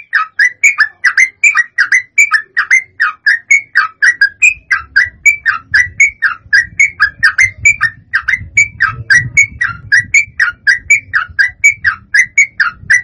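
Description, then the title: Yellow-vented bulbul singing a long, unbroken stream of quick, bubbly whistled notes, four or so each second, with soft low rumble in the background. Master recording of a persistently, energetically singing (gacor) bird, used for training. "Masteran Trucukan Gacor"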